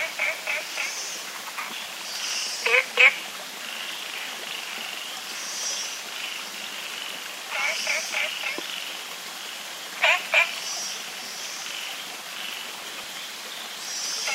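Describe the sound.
Olive frog calls: short bursts of rapid clicking pulses, often in pairs, repeated irregularly over a steady hiss of background noise.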